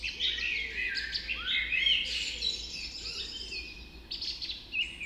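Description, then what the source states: Bird: dawn chorus with several birds singing together, rapid warbles and whistles crowding over one another, a brief lull, then more chirping. Dawn chorus recorded just after dawn in the Forest of Dean.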